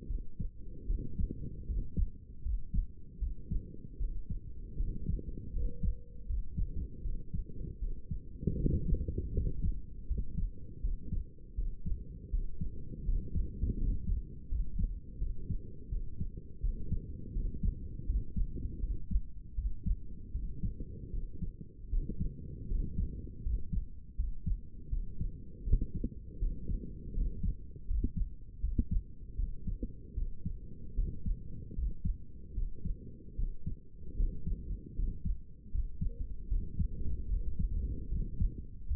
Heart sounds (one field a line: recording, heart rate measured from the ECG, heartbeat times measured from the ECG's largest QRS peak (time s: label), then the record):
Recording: heart sounds by stethoscope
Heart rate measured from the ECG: 79 bpm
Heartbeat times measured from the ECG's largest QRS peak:
0.07 s: heartbeat
0.87 s: heartbeat
1.66 s: heartbeat
2.43 s: heartbeat
3.19 s: heartbeat
3.98 s: heartbeat
4.77 s: heartbeat
5.53 s: heartbeat
6.27 s: heartbeat
7.02 s: heartbeat
7.79 s: heartbeat
8.57 s: heartbeat
9.33 s: heartbeat
10.07 s: heartbeat
10.81 s: heartbeat
11.55 s: heartbeat
12.30 s: heartbeat
13.05 s: heartbeat
13.78 s: heartbeat
14.48 s: heartbeat
15.19 s: heartbeat
15.89 s: heartbeat
16.61 s: heartbeat
17.33 s: heartbeat
18.06 s: heartbeat
18.80 s: heartbeat
19.55 s: heartbeat
20.32 s: heartbeat
21.11 s: heartbeat
21.90 s: heartbeat
22.68 s: heartbeat
23.43 s: heartbeat
24.16 s: heartbeat
24.90 s: heartbeat
25.64 s: heartbeat
26.39 s: heartbeat
27.14 s: heartbeat
27.87 s: heartbeat
28.61 s: heartbeat
29.36 s: heartbeat
30.14 s: heartbeat
30.95 s: heartbeat
31.75 s: heartbeat
32.54 s: heartbeat
33.36 s: heartbeat
34.16 s: heartbeat
34.95 s: heartbeat
35.71 s: heartbeat
36.48 s: heartbeat
37.28 s: heartbeat
38.09 s: heartbeat
38.87 s: heartbeat
From the record:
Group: healthy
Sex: male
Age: 35 years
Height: 180 cm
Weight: 86.9 kg